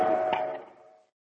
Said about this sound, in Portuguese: Ai, é maravilhoso, você escuta o trem apitando lá no fundo, você fala, nossa senhora.